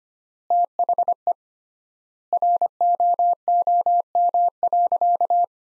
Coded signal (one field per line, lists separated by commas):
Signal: Morse code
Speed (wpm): 25 wpm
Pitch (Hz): 700 Hz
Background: none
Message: THE ROOM.